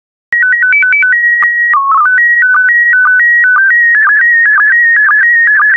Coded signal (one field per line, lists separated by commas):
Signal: SSTV (slow-scan television)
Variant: PD 120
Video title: 134079 Cheetahs, Leopards and Jaguars SSTV PD120